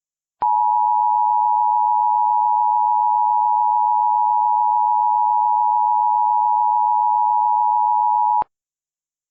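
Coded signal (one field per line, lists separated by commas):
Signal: Emergency Alert System (SAME) tones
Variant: 853 and 960 Hz attention tone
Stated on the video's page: Recreated EAS tones for a hurricane-era extreme wind warning; valid tones, not a live broadcast.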